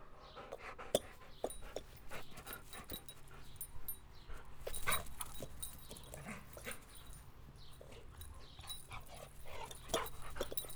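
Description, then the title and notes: Dog playing, with many sharp clicks and scuffling sounds. Domestic dog playing with its favourite ball during idle moments in summer. "Perro Jugando. Momentos muertos en verano para jugar con el perro y su pelota preferida"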